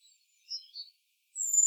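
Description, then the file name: Great tit gives two quick chirps, a pause, then a drawn-out, piercing, very high whistle. "Parus major"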